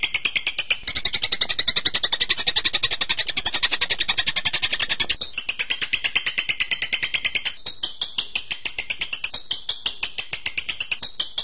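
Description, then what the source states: Bird song: continuous rapid twittering and trilling, shifting pitch between phrases, with quick pulses running throughout. Birdsong training (masteran) recording.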